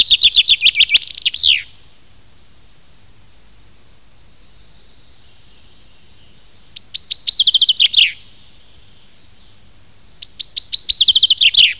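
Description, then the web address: Common chaffinch song: a quick run of high notes speeding into a descending trill that ends in a short flourish, heard three times with long pauses between. Recorded in spring 2010. "jaro 2010. Penkava obecna"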